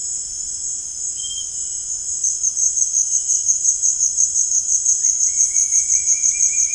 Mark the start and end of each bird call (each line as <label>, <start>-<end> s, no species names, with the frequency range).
bird call (0.7-3.2 kHz), 4.94-6.75 s